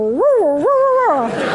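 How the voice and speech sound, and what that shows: A single voiced, wordless sound lasting about one and a half seconds, rising and falling in pitch like a howl, with no consonants or recognizable words. It is a woman's imitation of unintelligible aphasic speech output.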